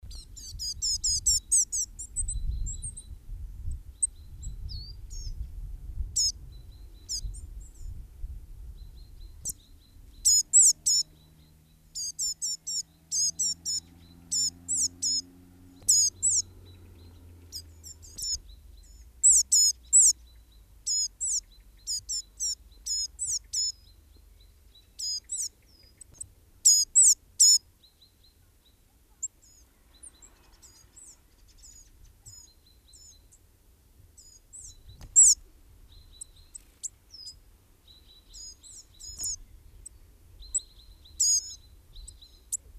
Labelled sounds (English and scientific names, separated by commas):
Willow Tit (Poecile montanus)